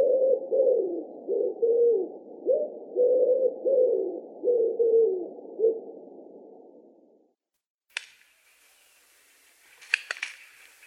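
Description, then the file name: Common wood pigeon repeating soft, throaty coo phrases for about seven seconds, followed by a sharp click and brief higher-pitched noises. Recorded in Russia. "Pticy Rossii - Vyahir Columba palumbus"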